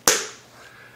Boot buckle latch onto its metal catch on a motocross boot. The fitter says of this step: on to this metal and then snaps in place you